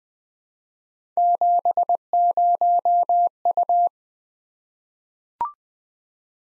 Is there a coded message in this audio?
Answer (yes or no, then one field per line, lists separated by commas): yes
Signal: Morse code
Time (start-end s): 1.2-3.9 s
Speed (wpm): 20 wpm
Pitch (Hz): 700 Hz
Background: none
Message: 70U